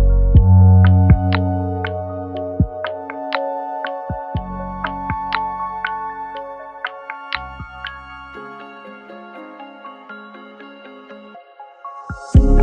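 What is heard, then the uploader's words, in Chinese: Café sound carried by steady piano-like music: struck notes land about once a second over held low chords that shift every couple of seconds. The low notes drop away after eight seconds, and a brief louder thump and hiss come near the end. 星巴克咖啡馆看书、工作、休息放松。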